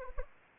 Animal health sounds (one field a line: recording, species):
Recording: mosquito wingbeat signal from an infrared sensor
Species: Anopheles arabiensis